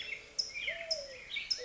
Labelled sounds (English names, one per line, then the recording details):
California Towhee
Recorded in Sonoma County, California